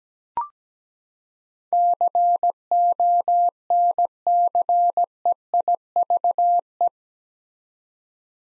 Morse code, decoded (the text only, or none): CONCEIVE